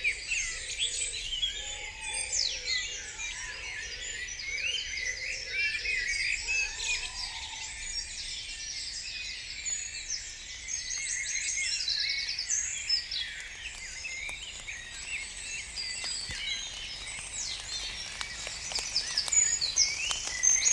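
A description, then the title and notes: A dense dawn chorus of many birds singing at once, a steady bright wash of overlapping chirps and trills that never lets up. Early on, a lower repeated call pulses in the background for about seven seconds, with a faint low rumble underneath throughout. Here the wave of silence is traced through recordings of the dawn chorus, made each day throughout the early summer.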